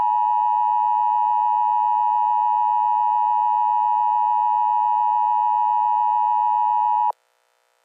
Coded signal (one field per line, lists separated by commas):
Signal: Emergency Alert System (SAME) tones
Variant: 853 and 960 Hz attention tone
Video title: RWT 11-20-24 With New Radios! (EAS 37)